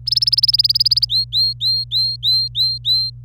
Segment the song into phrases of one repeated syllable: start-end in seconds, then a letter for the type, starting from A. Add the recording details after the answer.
0.05-1.05 A, 1.09-3.10 B. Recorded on 26 April 2018 at 09:38. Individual llb3